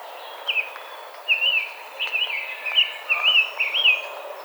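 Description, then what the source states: Rose-breasted grosbeak warbling: a steady series of sweet, looping whistled notes repeated through the passage. Recorded on 5 May 2007.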